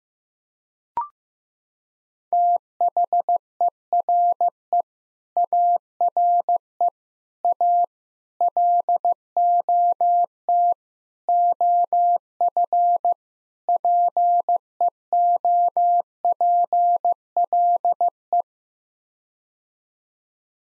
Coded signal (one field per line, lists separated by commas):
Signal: Morse code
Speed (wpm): 15 wpm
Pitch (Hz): 700 Hz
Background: none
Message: THERE ARE A LOT OF PEOPLE